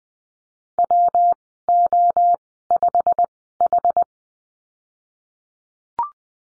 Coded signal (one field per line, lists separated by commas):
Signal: Morse code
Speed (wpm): 20 wpm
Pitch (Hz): 700 Hz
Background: none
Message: WO5H